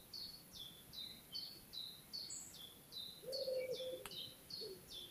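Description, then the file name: European robin: a series of short, high, falling notes over a hissing background, with a lower tonal sound and a brief click. "Erithacus rubecula"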